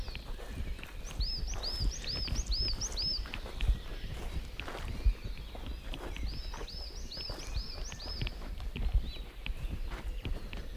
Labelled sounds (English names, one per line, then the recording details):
Coal Tit
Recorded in the wild
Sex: male
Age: adult
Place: Schönow, Naturpark Barnim, Brandenburg, DE
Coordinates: 52.705, 13.5092
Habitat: pine forest
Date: 2005-04-10
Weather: cloudy, 0°C, no wind
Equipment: Tascam DA-P1, Sennheiser MKH 70, Windschutz
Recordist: Frommolt, Karl-Heinz